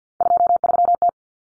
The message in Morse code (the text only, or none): 23T